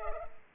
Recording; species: mosquito wingbeat signal from an infrared sensor; Culex pipiens